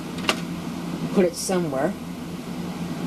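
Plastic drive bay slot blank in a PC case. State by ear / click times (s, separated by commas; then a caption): released / 0.3 s. A plastic drive bay slot blank is pulled out of a PC case to make room for an NEC MultiSpin 4x4 CDR-C251 CD-ROM changer. It pops free with a single sharp snap at 0.3 s. Someone then talks over a low background hum.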